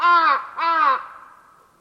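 Bird calls: two nasal calls of similar length, the second trailing off into a fading tail.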